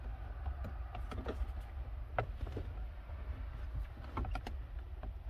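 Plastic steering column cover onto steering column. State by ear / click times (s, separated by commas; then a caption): not seated / none. A plastic steering column shroud is being handled and pressed back onto the steering column after the multi-function switch was replaced. Scattered light plastic taps and rattles sound over a low steady hum. Nothing has seated or clicked yet.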